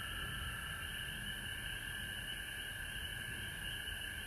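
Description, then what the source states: Frogs trilling together in an unbroken chorus, with faint low-pitched rumble beneath. Recorded at home in Georgia on March 19, 2020.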